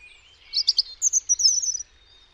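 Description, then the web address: European robin song: a few sharp, high chirps followed by a quick, thin trill of tinkling notes. "cianscape birddata Deverinetal 2025 Bird Only Er Ru"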